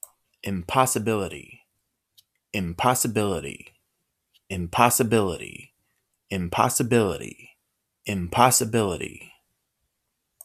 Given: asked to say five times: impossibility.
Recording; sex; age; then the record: repeated word; male; 30 to 39 years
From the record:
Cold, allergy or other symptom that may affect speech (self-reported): no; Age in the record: 36 years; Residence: United States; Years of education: 14